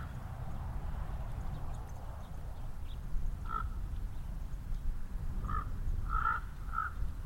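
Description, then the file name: Common raven calls, a single croak then a cluster of short hoarse notes toward the end, over steady low rumble. Ravens recorded at Elizabeth Lake, with cars passing. "Elizabeth Lake Ravens And Cars"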